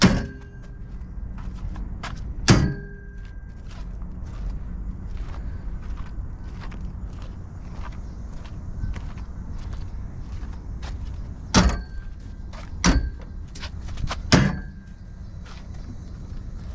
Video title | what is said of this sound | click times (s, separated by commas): Exceed Fabrication SD1 Tube Doors Jeep JL/JT Overview | once you make your adjustments they pretty much just snap right in | 0.0 s, 11.5 s, 12.8 s, 14.3 s